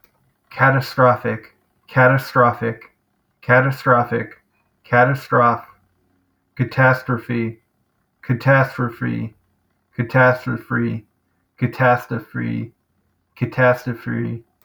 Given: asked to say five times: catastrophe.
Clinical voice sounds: repeated word; male; 20 to 29 years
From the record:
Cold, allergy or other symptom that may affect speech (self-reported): no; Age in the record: 22 years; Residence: New York, United States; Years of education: 16

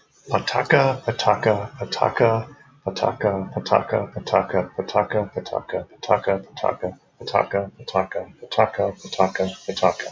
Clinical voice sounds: repeated syllables /pa ta ka/; male; 30 to 39 years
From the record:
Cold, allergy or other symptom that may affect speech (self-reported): no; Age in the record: 35 years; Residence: Ohio, United States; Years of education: 16

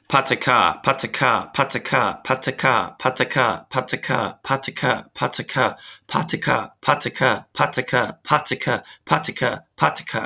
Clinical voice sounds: repeated syllables /pa ta ka/; male; 30 to 39 years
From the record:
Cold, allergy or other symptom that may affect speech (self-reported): no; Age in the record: 32 years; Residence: Oregon, United States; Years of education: 16

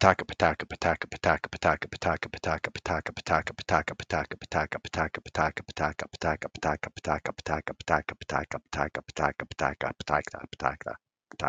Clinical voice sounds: repeated syllables /pa ta ka/; male; 50 to 59 years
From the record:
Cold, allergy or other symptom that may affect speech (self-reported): no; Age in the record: 56 years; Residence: Georgia, United States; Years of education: 16

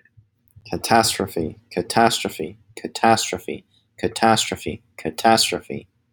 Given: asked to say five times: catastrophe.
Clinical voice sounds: repeated word; male; 20 to 29 years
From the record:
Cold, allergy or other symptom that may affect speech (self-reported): no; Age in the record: 28 years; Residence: New Jersey, United States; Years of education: 14

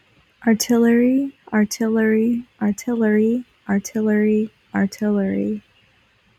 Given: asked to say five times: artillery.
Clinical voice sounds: repeated word; female; 20 to 29 years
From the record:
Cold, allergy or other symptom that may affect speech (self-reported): no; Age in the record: 24 years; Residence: Pennsylvania, United States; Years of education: 16

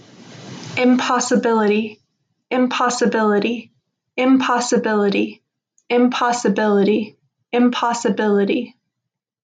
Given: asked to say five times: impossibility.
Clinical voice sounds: repeated word; female; 20 to 29 years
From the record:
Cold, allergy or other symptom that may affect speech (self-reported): no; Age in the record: 26 years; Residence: California, United States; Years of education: 16

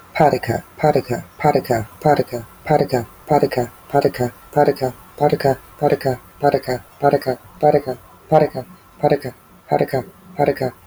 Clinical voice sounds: repeated syllables /pa ta ka/; female; 30 to 39 years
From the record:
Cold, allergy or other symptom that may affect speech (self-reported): no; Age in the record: 37 years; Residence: Indiana, United States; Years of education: 12

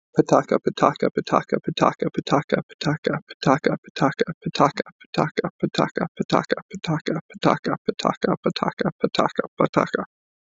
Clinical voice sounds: repeated syllables /pa ta ka/; male; 30 to 39 years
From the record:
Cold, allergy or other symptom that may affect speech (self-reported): no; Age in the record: 32 years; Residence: New York, United States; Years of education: 16

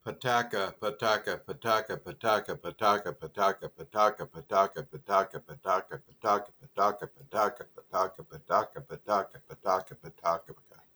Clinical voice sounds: repeated syllables /pa ta ka/; male; 30 to 39 years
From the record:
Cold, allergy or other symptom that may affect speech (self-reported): no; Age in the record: 37 years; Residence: United States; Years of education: 18

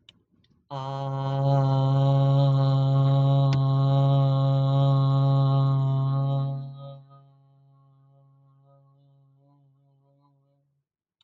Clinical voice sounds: vowel held as long as possible; female; 60 to 69 years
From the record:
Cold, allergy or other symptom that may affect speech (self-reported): no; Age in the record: 64 years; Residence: Idaho, United States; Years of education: 16

